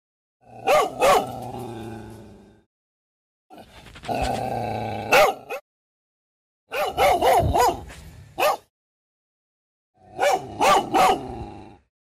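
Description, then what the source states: Dog barking in four bursts of a few quick, sharp barks each, with short silent gaps between them. Terrifying dog barking.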